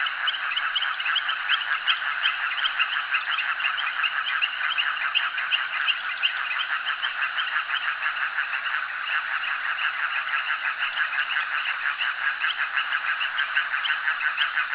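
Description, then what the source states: Frogs calling in a dense chorus, overlapping nasal croaks pulsing about three times per second without pause throughout. Frogs calling at a jetty.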